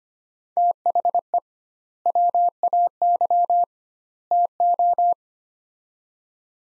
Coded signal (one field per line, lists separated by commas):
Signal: Morse code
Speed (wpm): 25 wpm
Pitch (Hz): 700 Hz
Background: none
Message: THE WAY TO